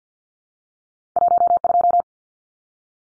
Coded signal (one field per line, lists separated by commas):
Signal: Morse code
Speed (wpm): 50 wpm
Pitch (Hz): 700 Hz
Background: none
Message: 12